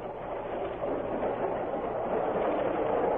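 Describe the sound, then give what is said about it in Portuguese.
A Central do Brasil passenger train rolls steadily along the rails, a continuous rumbling roar with a low hum underneath and faint rhythmic rattling, holding an even loudness throughout with no voices. “A história começou dentro de um trem da Central do Brasil.”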